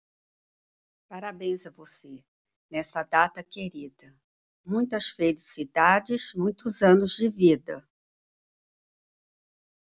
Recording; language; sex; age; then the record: short text; Brazilian Portuguese; female; 60 to 69 years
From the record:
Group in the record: control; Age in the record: 61 years